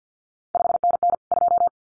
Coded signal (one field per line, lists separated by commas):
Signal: Morse code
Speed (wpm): 50 wpm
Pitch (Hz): 700 Hz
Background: none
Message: 5NN 2